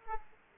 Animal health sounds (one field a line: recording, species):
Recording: mosquito wingbeat signal from an infrared sensor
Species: Aedes aegypti